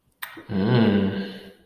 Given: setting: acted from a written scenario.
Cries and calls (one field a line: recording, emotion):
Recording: vocal sound without words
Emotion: desire